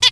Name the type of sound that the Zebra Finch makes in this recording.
hat call